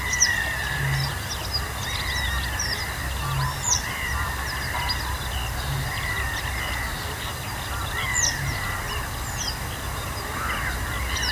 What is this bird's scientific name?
Motacilla flava